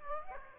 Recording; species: mosquito wingbeat signal from an infrared sensor; Aedes aegypti